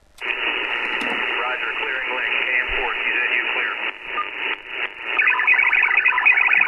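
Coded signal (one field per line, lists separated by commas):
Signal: automatic link establishment (ALE)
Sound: several seconds of radio hiss, then a rapid warbling burst of hopping tones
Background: radio static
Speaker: that noise there is his modem telling mine to go back to scanning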